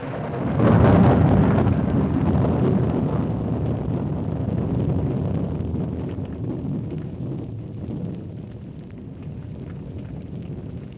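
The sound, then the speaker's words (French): A thunderclap breaks in after a brief pause and rolls on as a loud, deep, crackling rumble that slowly fades over about ten seconds, with no voices; thunder with lightning as the earth opens and Don Juan disappears, in Molière's Dom Juan. “Le tonnerre tombe accompagné d'éclairs.”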